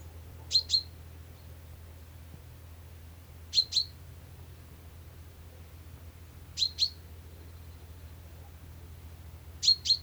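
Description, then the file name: Common chaffinch repeating short high metallic notes in doubled pairs, about every three seconds, four pairs in all, over a steady low hum. "Fringilla coelebs"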